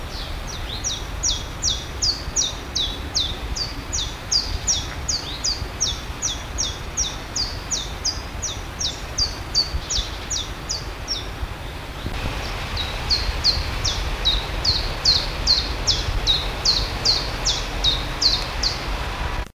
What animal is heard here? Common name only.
Common Chiffchaff